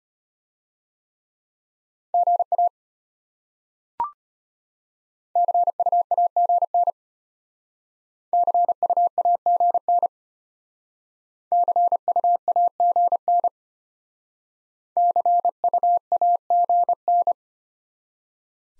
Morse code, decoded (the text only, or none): GA CUAGN CUAGN CUAGN CUAGN